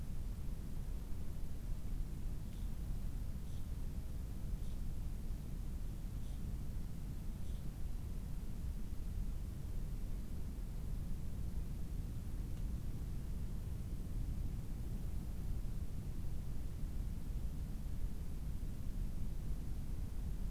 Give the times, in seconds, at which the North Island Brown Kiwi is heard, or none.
none